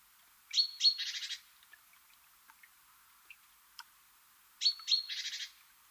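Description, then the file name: Great tit call heard twice: two piercing high notes and a dry chattering buzz, separated by a few seconds of quiet clicks. "Parus major"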